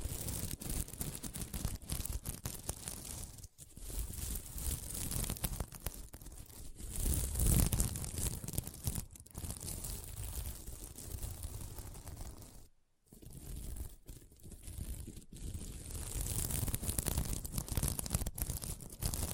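Fingers scratch across a sequin mermaid pillow in a dense, continuous rasp, the flipping sequins giving a crinkly, tearing texture with many quick clicks. The scratching is fairly steady and full-bodied, with a brief thump near seven seconds and a sudden short silence around thirteen seconds.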